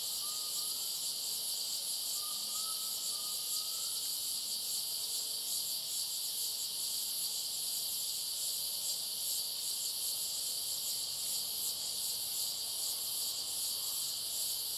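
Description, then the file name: Cicadas in a continuous high, thin, hissing drone that holds steady throughout, with a few soft whistled bird notes early on. Several cicadas, loudest in a clearing, high thin sound, with a bird. "Cigarras mais fortes na clareira som agudo fino mosca, passaro, transito bem longe"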